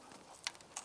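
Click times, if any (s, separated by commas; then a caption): none. A plastic engine wiring harness connector is pressed by hand toward the connector on the new knock sensor wiring of a 2004-2008 Acura TL. Two brief handling taps are heard at about 0.5 s and 0.8 s against a quiet background. Nothing has seated or clicked yet.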